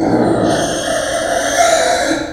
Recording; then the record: squeal of a Yucatan mini pig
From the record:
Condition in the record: before surgery on the right vocal fold (resection and tissue-engineered implant); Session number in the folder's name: 3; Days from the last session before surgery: 0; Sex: female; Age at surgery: 19 weeks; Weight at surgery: 25 kg